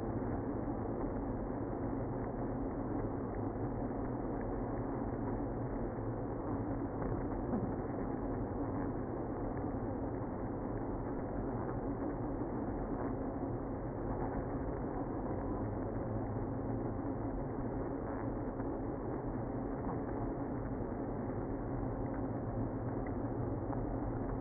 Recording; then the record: honeybee colony, microphone inside the hive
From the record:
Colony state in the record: queenless (queen removed); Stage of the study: after two queens were removed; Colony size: about 60,000 bees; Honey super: yes